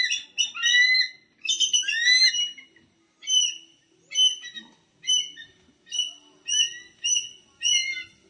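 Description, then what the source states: Eagle: shrill squawks, first a tangled burst, then short sharp notes repeated at short intervals. Squawking excitedly.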